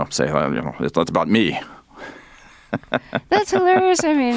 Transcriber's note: laughter